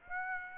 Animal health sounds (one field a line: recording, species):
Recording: mosquito wingbeat signal from an infrared sensor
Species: Aedes aegypti